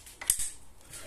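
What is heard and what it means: The folding stem latch of an NIU KUi3 Sport electric scooter, a safety catch against accidental folding, is worked into the scooter frame. A faint tick comes at 0.2 s, then a sharp, bright metallic click at 0.3 s, followed by a brief low rumble and quiet background noise. The latch clicks shut and is seated at 0.3 s.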